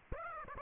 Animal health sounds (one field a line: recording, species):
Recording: mosquito wingbeat signal from an infrared sensor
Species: Aedes aegypti